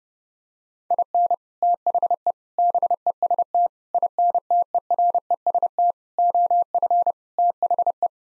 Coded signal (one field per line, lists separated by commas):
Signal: Morse code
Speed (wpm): 30 wpm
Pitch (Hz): 700 Hz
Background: none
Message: IN THE BEST INTEREST OF THE